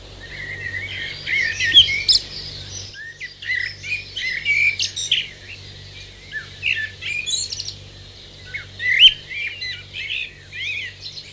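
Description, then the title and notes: Eurasian blackbird singing rich, whistled phrases with quick twittering flourishes. Adult male singing in a garden during the dawn chorus in New Zealand, with many other birds also singing. "Dawn chorus with blackbirds in the foreground. Adult male blackbird and many other birds giving song in garden surroundings"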